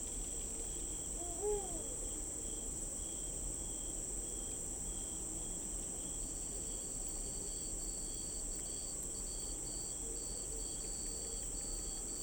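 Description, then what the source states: A cricket starts a high, regularly pulsed chirping partway through, joining a steady shrill insect drone, with a faint brief call early on and low rumble throughout. Recorded at night in an urban park or residential suburban backyard.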